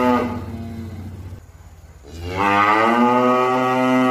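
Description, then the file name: Cow moo ending, a brief pause, then a new long, loud moo rising and holding steady. "suara sapi"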